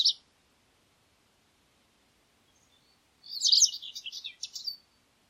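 White wagtail calls: a short sharp chirp at the start, then after a pause a loud, rapid burst of twittering notes lasting over a second.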